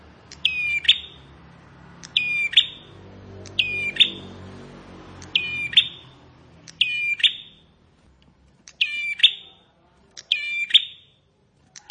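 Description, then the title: Bar-winged prinia singing a sharp, buzzy chirping phrase with a clipped ending, repeated several times, over a low rumbling background. "Ciblek Sawah"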